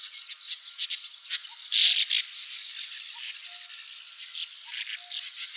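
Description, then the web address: Sand martin calls: a steady wash of scratchy buzzing chatter with several louder harsh bursts in the first half and soft short tones underneath. "syoudoutubame"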